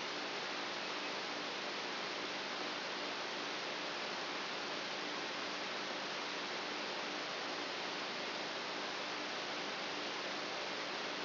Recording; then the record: brain microelectrode recording played as sound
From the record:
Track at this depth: outside the subthalamic nucleus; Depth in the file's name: 8.3 mm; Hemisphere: right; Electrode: 2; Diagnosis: Parkinson's disease